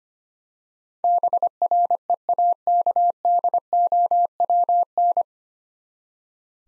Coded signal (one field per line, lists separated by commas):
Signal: Morse code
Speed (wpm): 25 wpm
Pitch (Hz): 700 Hz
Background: none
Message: BREAKDOWN